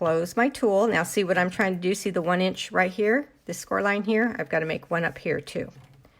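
Someone talks steadily while handling a plastic paper trimmer with cardstock on it, getting ready to close its hinged arm onto the trimmer base before scoring. The arm has not yet clicked shut by the end of the clip.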